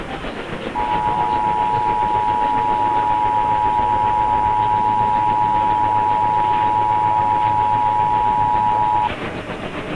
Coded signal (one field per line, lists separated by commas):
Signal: Emergency Alert System (SAME) tones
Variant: 853 and 960 Hz attention tone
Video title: Tennessee RMT on WSM (12/8/21)(EAS 1010)